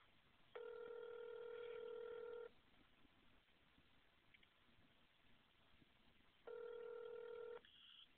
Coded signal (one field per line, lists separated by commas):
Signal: telephone call progress tone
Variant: North America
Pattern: ringback tone